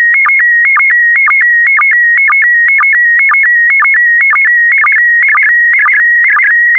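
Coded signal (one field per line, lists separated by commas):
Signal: SSTV (slow-scan television)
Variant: PD120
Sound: steady warbling high tone with rhythmic short chirps, about two per second, throughout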